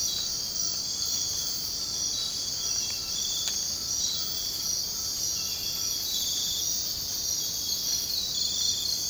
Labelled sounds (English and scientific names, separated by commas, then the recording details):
none
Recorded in dense forest near Puerto Asís, Putumayo, Colombia, on 24 March 2025 at 05:30
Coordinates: 0.485, -76.318
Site G056